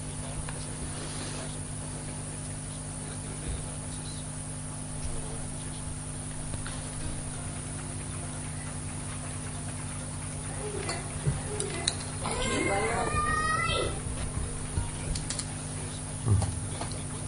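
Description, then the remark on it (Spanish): A purported paranormal voice recording: steady hiss and low electrical hum throughout, with a short warbling, voice-like burst rising out of the noise about two-thirds through, plus a few faint clicks. “Que les guste disfrutar con el miedo, que suban la radio, que vamos a oír la siguiente psicofonía.”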